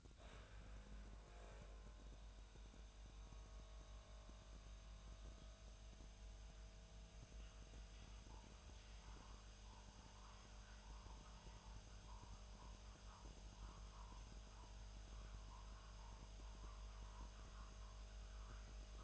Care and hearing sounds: daily activity, microphone in the room; make coffee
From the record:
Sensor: 2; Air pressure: 1009.3 hPa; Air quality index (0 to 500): 187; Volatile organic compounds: 11 ppm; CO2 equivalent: 2322 ppm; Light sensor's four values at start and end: 23/58/25/27 and 23/58/25/27

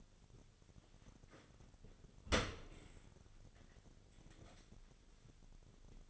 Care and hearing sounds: daily activity, microphone in the room; open dishwasher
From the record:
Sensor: 4

